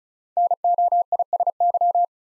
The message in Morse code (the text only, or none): NOISY